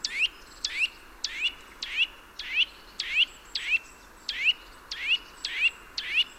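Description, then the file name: Eurasian nuthatch calling with clipped, upward-slurred notes repeated at a brisk, slightly uneven pace, roughly eleven calls, steady faint background noise. "Sitta europaea"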